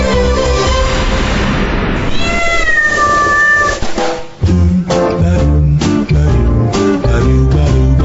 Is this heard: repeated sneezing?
no